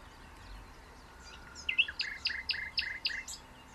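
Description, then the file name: Common nightingale song: faint twitters build into a loud, rhythmic run of several repeated buzzy doubled notes. "Luscinia megarhynchos"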